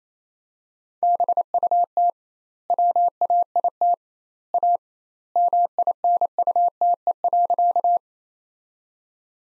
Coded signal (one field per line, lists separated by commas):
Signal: Morse code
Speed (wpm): 28 wpm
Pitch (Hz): 700 Hz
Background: none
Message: BUT WAIT A MINUTE.